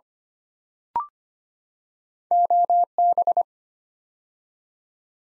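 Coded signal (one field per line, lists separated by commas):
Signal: Morse code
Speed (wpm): 25 wpm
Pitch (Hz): 700 Hz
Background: none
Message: OB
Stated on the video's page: Morse code practice at 25 wpm: 8-letter words built up two letters at a time, for instant character recognition training.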